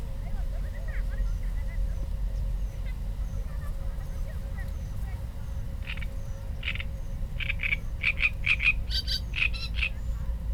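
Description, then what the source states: Great reed warbler song: harsh, grating chattering bursts that grow more frequent in the second half, over a steady low rumble and hiss. Subspecies zarudnyi.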